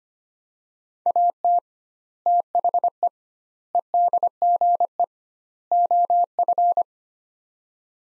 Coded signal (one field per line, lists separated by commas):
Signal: Morse code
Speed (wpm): 25 wpm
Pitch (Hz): 700 Hz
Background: none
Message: AT THE EDGE OF